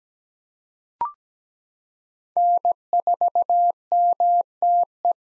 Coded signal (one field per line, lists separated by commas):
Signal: Morse code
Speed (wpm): 17 wpm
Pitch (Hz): 700 Hz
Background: none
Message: N4MTE